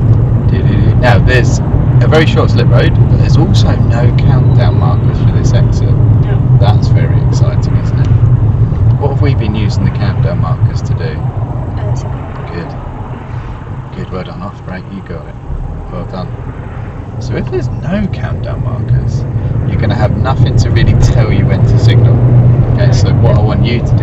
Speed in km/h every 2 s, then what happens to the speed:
34, 32, 27, 21, 16, 6, 3, 5, 13, 21, 27, 26.
0-12 slows to 3. 12-20 speeds up to 27.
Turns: none.